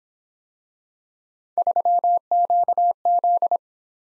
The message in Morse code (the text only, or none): 3QZ